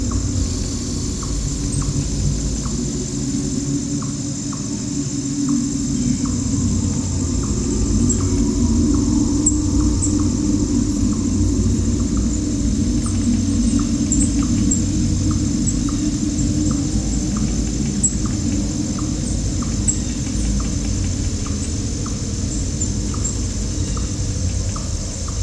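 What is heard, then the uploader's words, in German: Steady ambience at the Shiva temple in Somnathpura: a constant low rumble fills the whole recording. A high, thin insect-like whine holds throughout, while faint regular ticks repeat about twice a second, like a cricket chirping. Tempel - Shiva Tempel Somnathpura.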